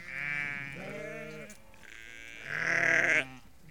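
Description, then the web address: Sheep bleating, overlapping calls from several animals, with a louder bleat near the end. About 30 to 50 ewes and lambs calling together. "BBC Sound Effects Library (Livestock) About 30-50 Ewes and Lambs Calling"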